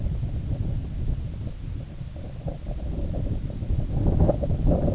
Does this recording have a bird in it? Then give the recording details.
no. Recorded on Arctic tundra, site IGLO-A, on 19 June 2018. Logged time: 03:59